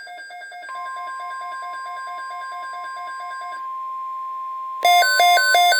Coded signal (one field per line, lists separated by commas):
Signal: Emergency Alert System (SAME) tones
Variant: 1050 Hz attention tone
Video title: Severe Thunderstorm Watch #589 - EAS #277